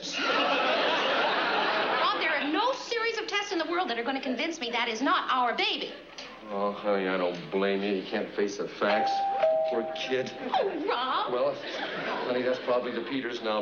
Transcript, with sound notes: Rob, there are no series of tests in the world that are going to convince me that is not our baby.
Oh, honey, I don't blame you. You can't face the facts. (SOUNDBITE OF DOORBELL RINGING) Poor kid.
Oh, Rob.
Well, honey, that's probably the Peters now.